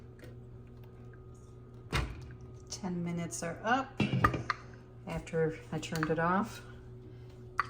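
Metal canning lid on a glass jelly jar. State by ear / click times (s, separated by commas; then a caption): seated / 7.6 s. Jars of hot jelly, just taken out of a water-bath canner, cool while someone talks over a steady background hum and a few soft knocks. As a jar cools, the vacuum pulls its metal two-piece lid down onto the glass jelly jar, and it seals with a sharp pop at 7.6 s.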